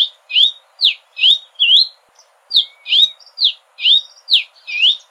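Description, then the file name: Red-capped cardinal, a run of loud, slurred chip-like whistles, each dropping then lifting, around two each second with a short pause near the middle. "canto do cardeal da amazonia"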